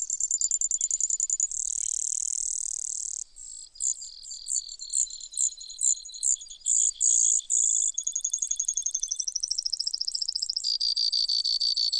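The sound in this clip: Brewer's sparrow delivering a long string of high buzzes and trills, changing tempo several times.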